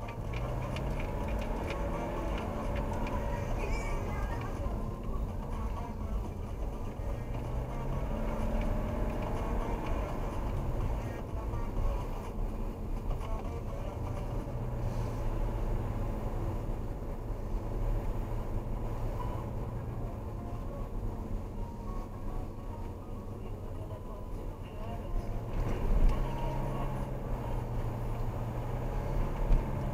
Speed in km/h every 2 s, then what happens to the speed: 22, 28, 24, 24, 32, 34, 32, 34, 35, 36, 32, 28, 28, 30, 32.
0-2 speeds up to 28. 6-9 speeds up to 34. 9-19 steady at about 34. 19-22 slows to 28. 22-30 steady at about 28.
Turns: none.